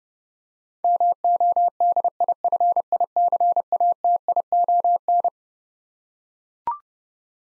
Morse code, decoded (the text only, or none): MODIFICATION